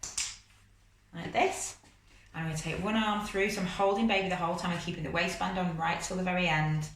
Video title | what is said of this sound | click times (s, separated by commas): How to fit your rucksack style baby carrier | behind and unclip but because we're doing it quite low I can reach it like | 0.0 s